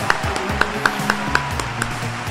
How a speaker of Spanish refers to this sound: Aplausos.